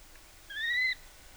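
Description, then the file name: Little grebe call, a single clear whistled note held for about half a second, slightly rising then level, over quiet background. Subspecies poggei, recorded at Muraviovka Park, Russia, on 21 May 2016, at 22:44. "20160521-2244-C-Little-Grebe-ssp -poggei-FC-RUS-OA-Muraviovka-Park"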